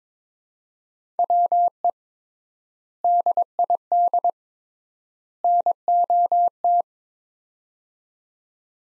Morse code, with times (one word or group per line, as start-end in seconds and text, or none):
1.2-1.9 WE
3.0-4.3 DID
5.4-6.8 NOT